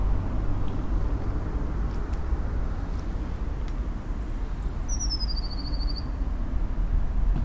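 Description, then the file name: Eurasian blue tit singing high, thin notes that drop into a short, falling trill, over constant low vehicle rumble. "blaumeise"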